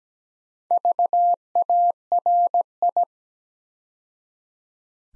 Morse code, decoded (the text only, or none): VARI